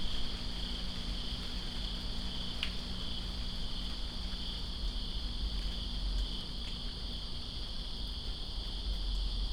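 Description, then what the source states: Crickets trill in an unbroken high chorus; a sharp drip or tap sounds early, over a rumbling rainy background. Crickets recorded in rain in Greensboro on 2 September 2017.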